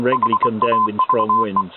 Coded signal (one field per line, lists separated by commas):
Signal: Morse code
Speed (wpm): 23 wpm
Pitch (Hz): 1020 Hz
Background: speech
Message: HAVE